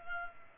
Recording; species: mosquito wingbeat signal from an infrared sensor; Culex pipiens